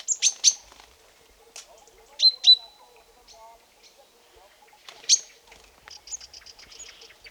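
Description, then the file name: Great tit calls: a few sharp, high chinking notes scattered over several seconds, followed by faint twittering. "Parus major"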